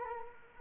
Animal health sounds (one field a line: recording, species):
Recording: mosquito wingbeat signal from an infrared sensor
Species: Culex quinquefasciatus